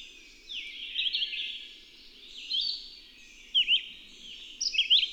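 Bird song: short high twittering phrases and sharp chirps in several bursts, with a steady low background hum.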